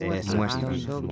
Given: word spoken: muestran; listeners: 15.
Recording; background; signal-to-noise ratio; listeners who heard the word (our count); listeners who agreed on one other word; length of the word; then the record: one Spanish word in noise, from a listening test; four-talker babble; -0.3 dB; 0 of 15; 8 of 15; 0.72 s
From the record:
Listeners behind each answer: 8, 1, 1, 1, 1, 1, 1, 1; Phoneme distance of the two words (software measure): 7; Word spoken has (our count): 2 syllables, 8 phonemes, stress on syllable 1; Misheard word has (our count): 2 syllables, 7 phonemes, stress on syllable 1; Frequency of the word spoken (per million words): 37.62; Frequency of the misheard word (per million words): 134.78